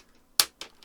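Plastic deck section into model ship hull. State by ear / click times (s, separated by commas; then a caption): seated / 0.4 s. A plastic deck section of a model ship kit is lined up and pushed down over the uprights into the hull. It pops into place with a sharp click at 0.4 s, followed by two fainter clicks around 0.6 s and 0.8 s. The deck section is seated.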